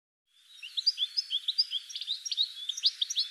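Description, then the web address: Bird song starting after a brief silence, a steady chatter of high twittering chirps and quick trilled notes. "cianscape birddata"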